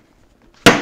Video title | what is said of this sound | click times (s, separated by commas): Festool Vecturo 18 - iespējams labākais multiinstruments pasaulē. | Paspauskite qt ir ašmenys užsifiksuos ant įrankio. | 0.7 s